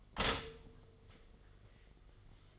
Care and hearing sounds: daily activity, microphone in the room; stop toaster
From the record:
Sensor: 4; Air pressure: 1015.5 hPa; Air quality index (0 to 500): 205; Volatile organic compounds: 11 ppm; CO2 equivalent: 2292 ppm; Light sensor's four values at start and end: 4/8/3/2 and 4/8/3/3

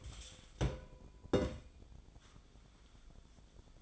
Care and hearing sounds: daily activity, microphone in the room; take from stove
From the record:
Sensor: 5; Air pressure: 1010.1 hPa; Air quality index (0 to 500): 149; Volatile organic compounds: 3 ppm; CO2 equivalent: 1450 ppm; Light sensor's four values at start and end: 248/603/258/283 and 252/607/261/287

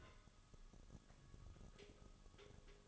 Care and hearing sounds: daily activity, microphone in the room; take from stove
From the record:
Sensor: 4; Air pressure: 1008.8 hPa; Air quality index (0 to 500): 116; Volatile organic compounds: 1 ppm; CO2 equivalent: 853 ppm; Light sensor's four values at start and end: 10/23/9/8 and 10/22/9/8

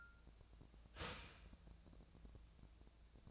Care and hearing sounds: daily activity, microphone in the room; start toaster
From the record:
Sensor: 2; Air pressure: 1000.0 hPa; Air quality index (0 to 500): 147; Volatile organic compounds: 2 ppm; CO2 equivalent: 1241 ppm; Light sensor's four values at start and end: 26/65/28/30 and 26/65/28/30

